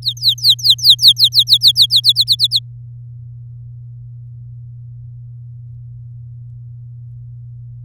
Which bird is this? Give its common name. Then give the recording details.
Domestic Canary. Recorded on 7 May 2018 at 17:09. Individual llb16